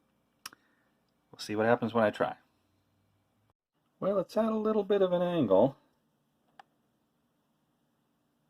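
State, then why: Seated. A compact flash to IDE adapter is pushed at a slight angle onto the IDE header of a small PC motherboard, angled because a speaker is in the way. Someone talks in two bursts, a short sharp tap is heard at 0.5 s, and the adapter clicks into place at 6.6 s with a brief, sharp click.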